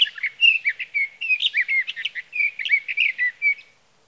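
Sage Thrasher singing a fast, unbroken warble of varied slurred notes for nearly four seconds, then falling silent.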